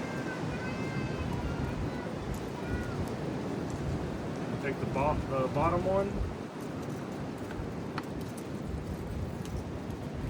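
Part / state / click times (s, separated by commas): wiring harness connector into truck side mirror plug / seated / 8.0 s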